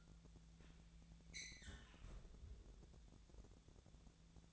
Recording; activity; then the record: daily activity, microphone in the room; close fridge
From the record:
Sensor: 3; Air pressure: 1000.0 hPa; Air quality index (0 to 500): 134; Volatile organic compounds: 2 ppm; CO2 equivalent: 1189 ppm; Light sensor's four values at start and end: 37/94/39/43 and 37/93/39/43